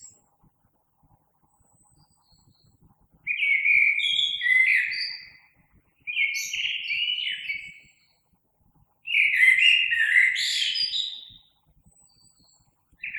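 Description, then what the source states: Common blackbird song: three rich, mellow warbling phrases with high twittering tails, separated by short pauses against a quiet background. Recorded 3 March 2020.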